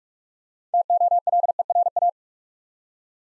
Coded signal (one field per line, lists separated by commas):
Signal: Morse code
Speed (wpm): 47 wpm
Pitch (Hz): 700 Hz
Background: none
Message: TOLERA